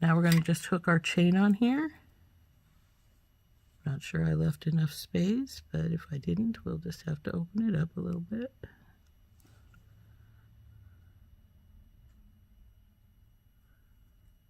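A metal necklace chain end is being hooked onto a small wire loop of a handmade bead connector. Someone talks, then quiet fiddling follows with faint light ticks near 9.4 and 9.7 seconds as the chain is worked toward the tight gap. The clip ends before the chain goes on; nothing has clicked into place yet.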